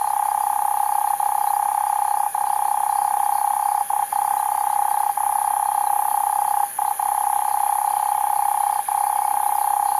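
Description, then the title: Cane toad trill held almost unbroken through the whole stretch, an even mid-pitched purr with only tiny dips, over a faint steady high hiss. Cane toads at night in Australia, 2011; from a soundwork of altered and unaltered field recordings. "EMERGING TERRITORIES. Cane Toads at Night"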